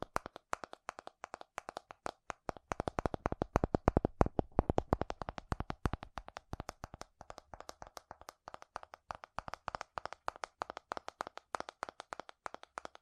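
Fast, furious tapping on metal, a dense stream of sharp clicks and ticks with almost no pauses. The hits bunch into a quicker, heavier flurry around the four-second mark, then settle into a slightly lighter but still rapid, uneven patter to the end.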